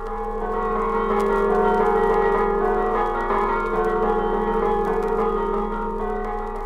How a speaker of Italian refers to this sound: In ogni paese del Friuli un campanile, e su ogni campanile un concerto diverso di sacri bronzi.